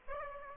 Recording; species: mosquito wingbeat signal from an infrared sensor; Aedes aegypti